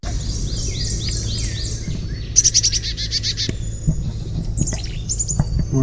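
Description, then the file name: Carolina chickadee sounds: a run of thin descending slurred notes, then dense buzzy stuttering high notes and scattered chips, with low rumble throughout. Gargle call. "CACH chickadee gargle"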